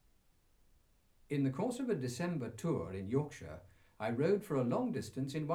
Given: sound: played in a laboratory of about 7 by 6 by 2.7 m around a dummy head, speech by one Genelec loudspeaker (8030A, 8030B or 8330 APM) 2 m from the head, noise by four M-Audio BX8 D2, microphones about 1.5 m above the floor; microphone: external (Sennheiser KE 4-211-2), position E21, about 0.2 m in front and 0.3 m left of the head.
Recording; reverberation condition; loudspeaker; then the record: male speech in English; low; 60 degrees to the right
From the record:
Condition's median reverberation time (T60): about 310 ms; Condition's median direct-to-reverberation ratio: about 3.5 dB